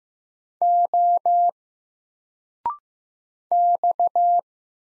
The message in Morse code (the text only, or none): O X